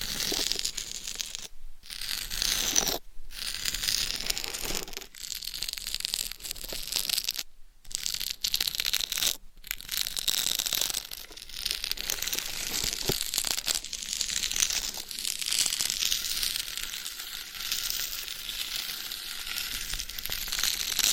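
Scratching and rubbing on a dummy head microphone's cover, a dense, hissy, papery crackle that runs almost without pause. Several abrupt full dropouts of silence break it up, near the two, three, seven-and-a-half and nine-and-a-half second marks. A few sharper clicks and taps poke through.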